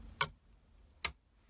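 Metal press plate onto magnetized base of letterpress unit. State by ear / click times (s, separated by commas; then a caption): seated / 0.2 s, 1.0 s. A metal press plate is lifted and released so the magnets grab it onto the magnetized base of a Spellbinders BetterPress letterpress unit. Two sharp, bright clicks sound at 0.2 s and 1.1 s, with near silence between them and a faint rise in sound at the very end. The plate snaps into place and is seated.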